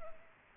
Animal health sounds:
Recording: mosquito wingbeat signal from an infrared sensor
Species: Culex pipiens

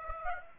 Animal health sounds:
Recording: mosquito wingbeat signal from an infrared sensor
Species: Aedes aegypti

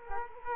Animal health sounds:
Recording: mosquito wingbeat signal from an infrared sensor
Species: Culex quinquefasciatus

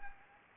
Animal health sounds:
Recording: mosquito wingbeat signal from an infrared sensor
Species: Anopheles gambiae

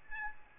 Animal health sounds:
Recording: mosquito wingbeat signal from an infrared sensor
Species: Aedes albopictus

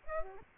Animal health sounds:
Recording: mosquito wingbeat signal from an infrared sensor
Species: Aedes aegypti

